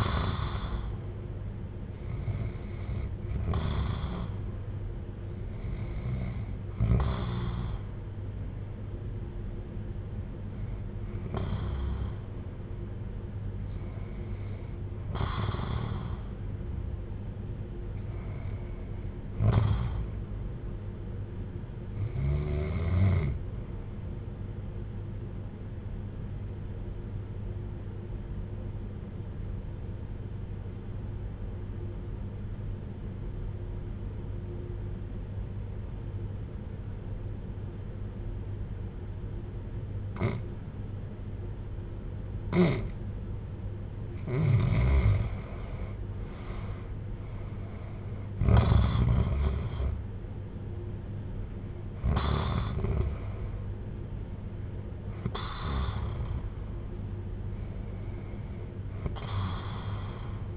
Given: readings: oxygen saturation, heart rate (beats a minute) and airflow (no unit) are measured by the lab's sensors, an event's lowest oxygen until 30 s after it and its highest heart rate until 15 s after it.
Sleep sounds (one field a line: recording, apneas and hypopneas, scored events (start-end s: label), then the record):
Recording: breathing in sleep by a smartphone at the bedside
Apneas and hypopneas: 1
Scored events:
24.00-50.00 s: obstructive apnea (REM, oxygen 96% highest, then 83% lowest, heart rate 64 at the start, 79 highest)
From the record:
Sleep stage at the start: REM sleep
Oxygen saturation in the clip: 84 to 96%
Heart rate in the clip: 60 to 79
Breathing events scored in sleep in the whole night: 310 in 8.1 hours asleep